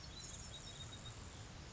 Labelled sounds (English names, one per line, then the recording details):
Grasshopper Sparrow
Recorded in Sonoma County, California